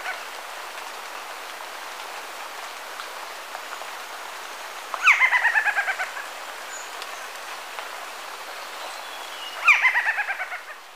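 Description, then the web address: Golden-headed quetzal calls twice with rapid cackling runs of notes falling in pitch, a few seconds apart, over a steady hiss of background noise. Recorded in Ecuador. "Natures Songs S America Birds of Ecuador Golden-headed Quetzal"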